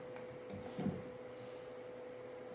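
A new headlight bulb is handled and lined up with the headlight housing socket of a 2008 Ford F350 Super Duty truck before being pushed in all the way so it sets itself. Soft handling rustles sit over a steady hum, with a brief tap at 0.2 s and a louder low thud near 0.9 s. Nothing has seated or clicked yet.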